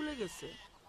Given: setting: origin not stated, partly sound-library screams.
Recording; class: one-second piece from a danger detection set; normal situation